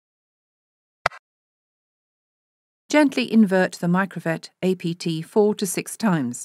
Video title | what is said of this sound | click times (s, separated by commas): Capillary blood collection: Handling the Microvette® APT 500 (ISO colour code) | take the cap and close the microvet apt with an audible click | 1.1 s